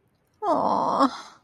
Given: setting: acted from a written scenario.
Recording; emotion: vocal sound without words; disappointment